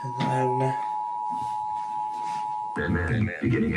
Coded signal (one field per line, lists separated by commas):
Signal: Emergency Alert System (SAME) tones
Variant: 853 and 960 Hz attention tone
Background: speech